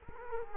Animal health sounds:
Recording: mosquito wingbeat signal from an infrared sensor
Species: Culex quinquefasciatus

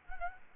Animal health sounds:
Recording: mosquito wingbeat signal from an infrared sensor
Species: Anopheles arabiensis

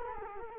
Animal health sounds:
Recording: mosquito wingbeat signal from an infrared sensor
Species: Culex quinquefasciatus

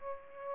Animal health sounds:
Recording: mosquito wingbeat signal from an infrared sensor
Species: Aedes aegypti

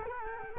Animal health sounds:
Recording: mosquito wingbeat signal from an infrared sensor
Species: Culex quinquefasciatus

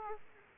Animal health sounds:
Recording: mosquito wingbeat signal from an infrared sensor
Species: Aedes aegypti

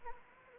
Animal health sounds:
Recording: mosquito wingbeat signal from an infrared sensor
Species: Anopheles arabiensis

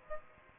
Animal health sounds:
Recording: mosquito wingbeat signal from an infrared sensor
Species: Aedes aegypti

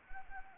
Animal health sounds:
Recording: mosquito wingbeat signal from an infrared sensor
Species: Anopheles arabiensis

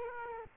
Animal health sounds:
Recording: mosquito wingbeat signal from an infrared sensor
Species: Aedes aegypti

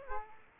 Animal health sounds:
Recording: mosquito wingbeat signal from an infrared sensor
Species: Aedes aegypti

